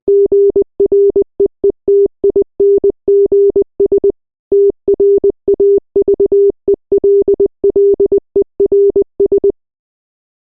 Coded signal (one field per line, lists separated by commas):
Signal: Morse code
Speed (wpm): 20 wpm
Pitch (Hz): 400 Hz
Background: none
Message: GREETINGS TRAVELLERS